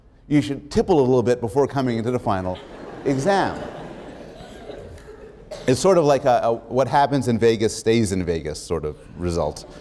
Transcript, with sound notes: you should tipple a little bit before coming in to the Final exam. [laughter] It's sort of like the "what happens in Vegas stays in Vegas" sort of result.